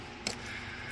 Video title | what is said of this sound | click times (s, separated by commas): Changing knock sensors on a 2006 chevy silverado | So you're gonna push the fuel line forward and push this back at the same time, and you'll feel it click. | 0.3 s